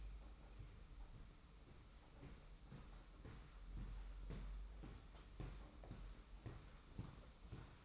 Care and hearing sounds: daily activity, microphone in the room; walk to room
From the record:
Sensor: 1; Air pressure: 991.1 hPa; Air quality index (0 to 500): 91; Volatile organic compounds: 32 ppm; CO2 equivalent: 3008 ppm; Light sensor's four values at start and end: 35/114/44/46 and 35/112/44/45

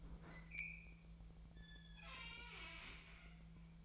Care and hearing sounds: daily activity, microphone in the room; open fridge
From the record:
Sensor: 1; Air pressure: 1009.7 hPa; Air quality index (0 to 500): 193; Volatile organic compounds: 19 ppm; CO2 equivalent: 2650 ppm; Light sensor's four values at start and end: 32/81/34/41 and 32/82/34/41

